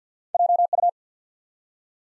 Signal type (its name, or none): Morse code